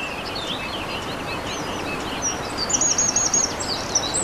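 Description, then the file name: Eurasian wren song, a sharp rapid trill bursting in after two and a half seconds, following scattered thin high notes, over running water. Recorded by a stream on 21 April 2015 with a MZ-N710 recorder. "Troglodyte mignon ruisseau 21 04 15"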